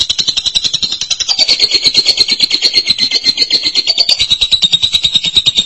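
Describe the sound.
Lovebird song: unbroken stream of rapid, high, buzzy chatter with a rattling pulse, pitch wavering slightly throughout.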